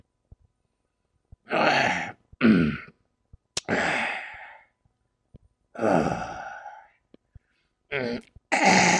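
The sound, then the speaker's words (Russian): A voice imitates a field chaplain hiccuping, with about six irregular, breathy bursts, some short and sharp, others drawn out like gasping sighs, separated by brief silences and with no words. “Фельдкурат икнул.”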